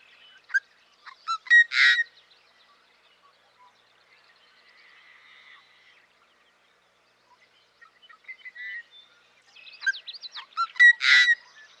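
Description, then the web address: Yellow-headed blackbird singing twice: clicks and squeaks building to a grating, strangled rasp, with a faint buzzy drone in the pause between bouts. "Dan Gibson Wildlife Identification By Sound, Western North America. Yellow-Headed Blackbird"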